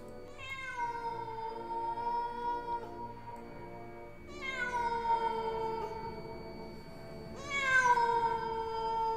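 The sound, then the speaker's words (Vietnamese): Three long, drawn-out wails of stray cats roaming a cemetery at night during a power cut, each starting high and sliding slowly downward in a mournful, quavering tone, with short pauses between them and no one speaking. “Những con mèo hoang, nó bắt đầu đi lang thang trong nghĩa địa, kêu lên những tiếng thảm não, nghe đến rợn cả người.”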